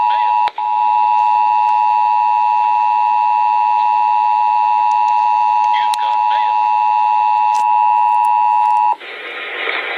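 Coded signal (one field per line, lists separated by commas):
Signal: Emergency Alert System (SAME) tones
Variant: 853 and 960 Hz attention tone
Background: speech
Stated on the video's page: Real recorded child abduction emergency alert.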